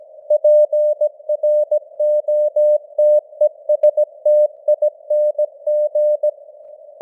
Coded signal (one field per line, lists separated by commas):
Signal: Morse code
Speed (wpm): 17 wpm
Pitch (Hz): 600 Hz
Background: none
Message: PROTESTING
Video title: Morse Code News | 2025-10-19 | 17wpm